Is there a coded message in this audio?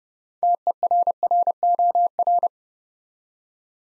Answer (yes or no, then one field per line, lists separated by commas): yes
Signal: Morse code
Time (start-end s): 0.4-2.5 s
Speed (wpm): 28 wpm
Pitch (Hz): 700 Hz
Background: none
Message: TERROR